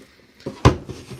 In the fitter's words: and they kind of click into place because it's really a tight fit